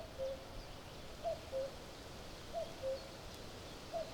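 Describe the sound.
Common cuckoo calling its two-note cuck-oo, a higher note dropping to a lower one, repeated about every 1.3 seconds over a quiet outdoor background.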